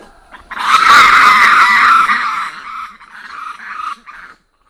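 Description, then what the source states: Black lemur giving a loud, harsh, drawn-out call lasting over two seconds, followed by shorter fading cries. Recorded at Ambato, Madagascar.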